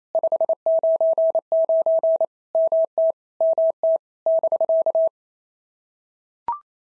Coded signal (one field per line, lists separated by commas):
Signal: Morse code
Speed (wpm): 28 wpm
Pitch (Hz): 650 Hz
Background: none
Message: 599 MT MT <BK>